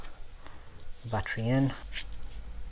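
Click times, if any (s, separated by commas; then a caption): none. A rechargeable battery is being handled at the battery compartment of a Sony A7S III mirrorless camera body while someone talks, with a few faint handling taps and rustles. Nothing has seated or clicked yet.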